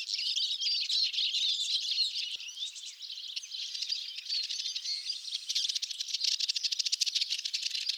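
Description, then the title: Eurasian siskin flock calls: dense, overlapping high twittering and chirps, becoming a fast buzzy rattling pulse in the last two to three seconds. Several birds calling during a late-winter migratory stopover before moving on to breeding sites in northern Europe. "Tarin des aulnes"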